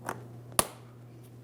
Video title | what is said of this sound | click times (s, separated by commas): How to Replace Fuel Pump Module Assembly 2007-2014 GMC Sierra 2500 HD 6.0L V8 | Audible click from that and a tug. | 0.6 s